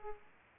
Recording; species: mosquito wingbeat signal from an infrared sensor; Aedes aegypti